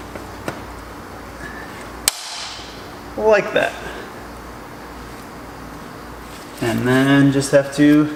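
A cleaned cam solenoid on an R35 GT-R engine is pushed back into its bore. After a faint tick at 0.5 s, it seats with a sharp, loud click at 2.1 s. Someone talks afterward.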